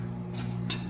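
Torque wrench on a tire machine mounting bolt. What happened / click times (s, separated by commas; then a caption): Torque wrench gives a small click at its setting / 0.7 s. A click-type torque wrench tightens a mounting bolt while a new tire machine is being assembled, over a steady low hum. A faint, short click sounds at 0.7 s as the wrench reaches its setting, confirming the bolt is torqued.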